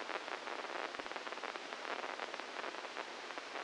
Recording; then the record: brain microelectrode recording played as sound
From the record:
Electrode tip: inside the subthalamic nucleus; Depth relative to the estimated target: -1 mm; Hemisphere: left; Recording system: NeuroSet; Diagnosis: Parkinson's disease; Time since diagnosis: 12 years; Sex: male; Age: 61 years